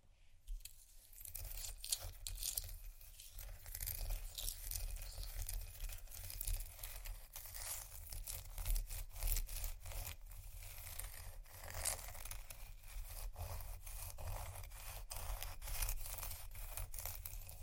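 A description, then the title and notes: Ice being scratched and tapped, a dense run of crackly scraping with frequent sharp clicks scattered throughout. The texture is bright and gritty, fairly steady after a quiet first second, with occasional louder taps around nine and twelve seconds over a constant low rumble. Ice Scratch & Tap. No Talking.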